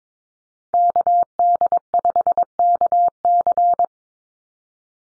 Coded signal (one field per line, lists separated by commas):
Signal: Morse code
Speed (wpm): 22 wpm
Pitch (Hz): 700 Hz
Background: none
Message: KD5KC